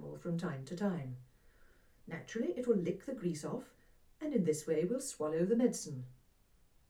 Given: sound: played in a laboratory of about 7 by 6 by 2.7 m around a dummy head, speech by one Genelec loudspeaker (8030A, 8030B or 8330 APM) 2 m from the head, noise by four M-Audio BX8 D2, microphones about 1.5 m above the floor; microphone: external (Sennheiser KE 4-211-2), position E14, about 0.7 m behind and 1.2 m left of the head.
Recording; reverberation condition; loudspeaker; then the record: female speech in English; low; in front (0 degrees)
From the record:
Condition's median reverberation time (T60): about 310 ms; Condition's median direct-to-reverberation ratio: about 3.5 dB